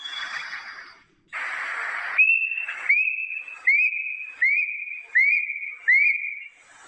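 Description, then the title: Plaintive cuckoo calling: a steady series of clear whistled notes, each starting with a slight upward slide, repeated less than a second apart after a burst of hissing noise. "八声杜鹃叫声"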